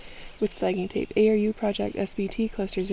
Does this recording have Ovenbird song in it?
no